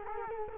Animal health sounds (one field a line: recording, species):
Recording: mosquito wingbeat signal from an infrared sensor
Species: Culex quinquefasciatus